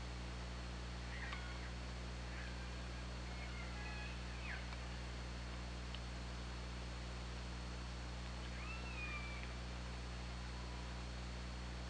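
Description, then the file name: Killer whale calls, several thin rising and falling tonal sweeps with faint harmonics, scattered over the recording above a steady underwater hiss and low hum. Recorded on the OrcaLab hydrophone, 24 August 2017 at 22:17. "Orca Lab UTLN JASON 20170824 221723"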